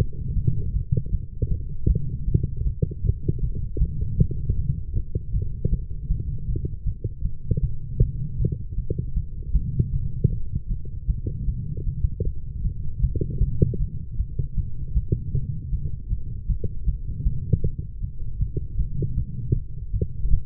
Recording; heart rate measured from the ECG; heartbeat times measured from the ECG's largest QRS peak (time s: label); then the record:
heart sounds by stethoscope; 156 bpm
0.35 s: heartbeat
0.73 s: heartbeat
1.11 s: heartbeat
1.49 s: heartbeat
1.88 s: heartbeat
2.26 s: heartbeat
2.64 s: heartbeat
3.03 s: heartbeat
3.41 s: heartbeat
3.79 s: heartbeat
4.18 s: heartbeat
4.56 s: heartbeat
4.94 s: heartbeat
5.32 s: heartbeat
5.70 s: heartbeat
6.09 s: heartbeat
6.47 s: heartbeat
6.85 s: heartbeat
7.23 s: heartbeat
7.61 s: heartbeat
8.00 s: heartbeat
8.38 s: heartbeat
8.76 s: heartbeat
9.15 s: heartbeat
9.53 s: heartbeat
9.92 s: heartbeat
10.30 s: heartbeat
10.69 s: heartbeat
11.08 s: heartbeat
11.46 s: heartbeat
11.85 s: heartbeat
12.24 s: heartbeat
12.63 s: heartbeat
13.01 s: heartbeat
13.40 s: heartbeat
13.79 s: heartbeat
14.17 s: heartbeat
14.56 s: heartbeat
14.94 s: heartbeat
15.33 s: heartbeat
15.71 s: heartbeat
16.09 s: heartbeat
16.48 s: heartbeat
16.86 s: heartbeat
17.24 s: heartbeat
17.62 s: heartbeat
18.01 s: heartbeat
18.39 s: heartbeat
18.77 s: heartbeat
19.16 s: heartbeat
19.54 s: heartbeat
19.92 s: heartbeat
20.31 s: heartbeat
From the record:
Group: healthy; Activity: light exercise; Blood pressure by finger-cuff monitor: 114/83 mmHg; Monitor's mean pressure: 94 mmHg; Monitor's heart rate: 155 bpm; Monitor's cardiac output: 14.8 L/min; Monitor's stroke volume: 95 mL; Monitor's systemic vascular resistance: 450 dyn s/cm5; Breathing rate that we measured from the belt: 32 breaths a minute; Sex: female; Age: 19 years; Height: 163 cm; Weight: 51 kg